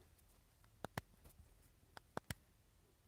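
A metal valve core is unscrewed from its valve body using a valve core removal tool with a sealing O-ring. Sharp clicks sound at 0.9, 1.0, 2.0, 2.2 and 2.3 seconds against a quiet background. The core comes free, though it is unclear which click marks the release.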